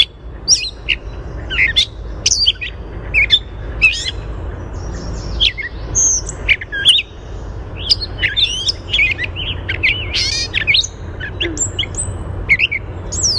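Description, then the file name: Gray catbird song: a long, varied stream of short squeaky notes, chips and slurred whistles with few pauses, over a low background hum. "GRCA song"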